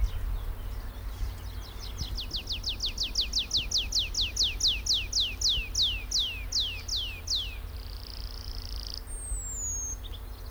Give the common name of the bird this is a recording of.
Tree Pipit